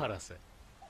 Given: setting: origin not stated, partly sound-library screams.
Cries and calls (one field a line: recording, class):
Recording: one-second piece from a danger detection set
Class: normal situation